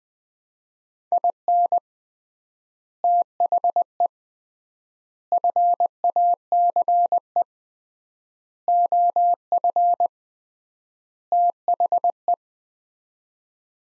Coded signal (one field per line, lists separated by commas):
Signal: Morse code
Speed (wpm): 20 wpm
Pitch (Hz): 700 Hz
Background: none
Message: IN THE FACE OF THE